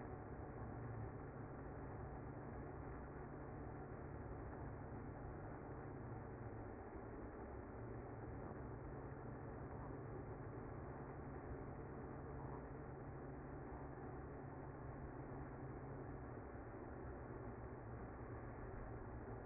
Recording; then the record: honeybee colony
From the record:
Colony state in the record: active